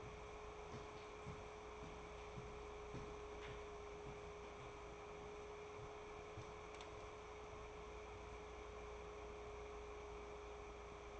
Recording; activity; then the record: daily activity, microphone in the room; walk to room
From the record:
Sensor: 1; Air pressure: 1010.5 hPa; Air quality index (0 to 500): 170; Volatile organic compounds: 12 ppm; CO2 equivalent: 2352 ppm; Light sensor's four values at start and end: 54/141/59/75 and 59/151/63/81